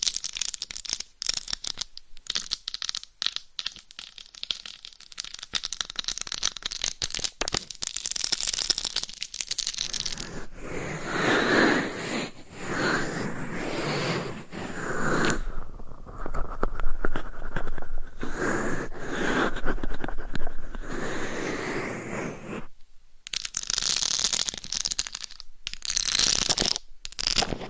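Scratching and tapping on a microphone, with nail scrapes and rubbing against a cover. For the first ten seconds it comes in quick choppy bursts with gaps; then a denser, steadier rubbing takes over, rising and falling, with brief silences near 15 and 23 seconds.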